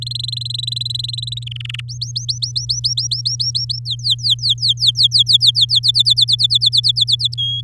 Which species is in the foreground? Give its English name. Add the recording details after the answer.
Domestic Canary. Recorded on 10 May 2018 at 16:04. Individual llb16